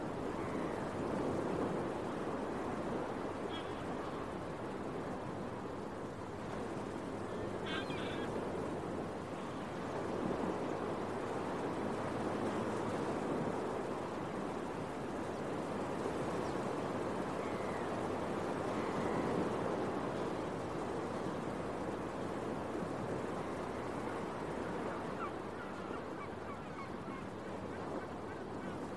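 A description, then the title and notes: Beach waves wash in a steady, dense rush with slow swells in loudness, easing slightly around ten seconds and again near twenty-five. Seagull calls break through a few times, briefly around eight seconds and again near eighteen and twenty seconds. Early Morning Seagulls and Beach Waves.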